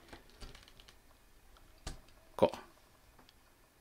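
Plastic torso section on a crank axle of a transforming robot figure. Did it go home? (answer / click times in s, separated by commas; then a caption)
yes / 1.9 s. A plastic torso section on a crank axle of a transforming robot figure is lifted during its conversion and clicks up into its raised position at 1.9 s, a sharp snap among faint small ticks. A louder, longer burst of noise follows around 2.4–2.5 s before things go quiet. The torso is seated in its raised position.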